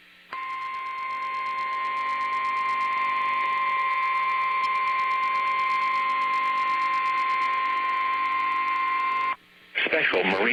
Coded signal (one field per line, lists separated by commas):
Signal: Emergency Alert System (SAME) tones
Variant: 1050 Hz attention tone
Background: speech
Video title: TESTS AND MARINE WARNINGS | EAS Alerts from 2/3/21 - 2/6/21 (EAS #167-178)